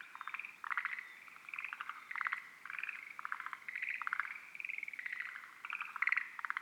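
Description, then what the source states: Forest green tree frog calls, rapid pulsed rattling bursts in a near-continuous chorus. Field recording from Miyagi, Japan.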